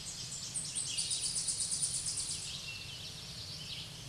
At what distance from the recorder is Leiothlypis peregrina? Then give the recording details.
about 25 m. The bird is about 15 m above the microphone. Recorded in a Pennsylvania forest on 16 May 2024 at 06:47. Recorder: AudioMoth, point MSD-0215. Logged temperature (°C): 16.1 °C. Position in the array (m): 25 m, 143 m